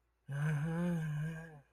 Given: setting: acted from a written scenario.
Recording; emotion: vocal sound without words; sympathy